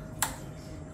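A thumb screw clamping a Reef Factory aquarium level sensor mount onto the tank glass is tightened until its clutch reaches the torque limit. A single sharp click is heard at 0.2 s, a built-in stop so the screw isn't overtightened. The mount is left relatively tight.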